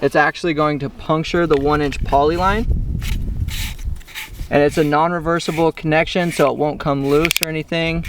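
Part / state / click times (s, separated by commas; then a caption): saddle tee clamp onto 1-inch poly sprinkler line / not seated / none. A plastic saddle tee clamp is handled over a 1-inch poly sprinkler line; tightening its second piece will puncture the pipe and form a non-reversible, ratcheting connection. Someone talks throughout, with a quieter stretch of scraping and handling noise in the middle. Nothing has seated or clicked yet.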